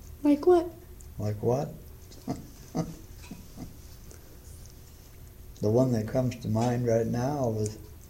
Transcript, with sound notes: Like what?
Like what? [chuckles] The one that comes to mind right now was